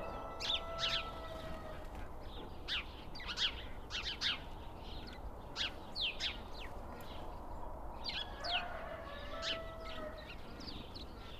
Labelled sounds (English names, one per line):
House Sparrow call